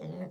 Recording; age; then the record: pig call; piglet (1 to 25 days)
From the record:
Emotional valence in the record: negative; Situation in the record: short isolation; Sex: male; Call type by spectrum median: low-frequency call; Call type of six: low-frequency stable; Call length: 0.31 s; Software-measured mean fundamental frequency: 85 Hz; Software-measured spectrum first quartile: 177 Hz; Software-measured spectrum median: 296 Hz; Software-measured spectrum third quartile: 569 Hz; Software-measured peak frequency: 180 Hz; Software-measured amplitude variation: 104 dB a second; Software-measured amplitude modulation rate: 14.5 a second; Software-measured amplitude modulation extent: 7.2 dB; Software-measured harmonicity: 4.6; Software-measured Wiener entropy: -0.17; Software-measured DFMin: 1267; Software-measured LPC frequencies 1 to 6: 524, 2023, 3422, 4328, 5353, 6288 Hz